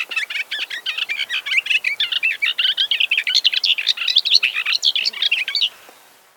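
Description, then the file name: Booted warbler singing a long, hurried chatter of mixed buzzy and sweet notes for nearly six seconds before stopping abruptly. "bormotushka"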